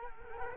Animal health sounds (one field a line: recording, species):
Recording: mosquito wingbeat signal from an infrared sensor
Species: Culex quinquefasciatus